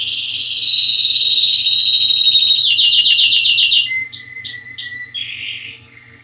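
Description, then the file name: Canary song: a long, loud, high trill that runs into a fast rattling section, then a few separate whistled notes and softer buzzy phrases fading at the end. "Ni Gi D - Canary Singing"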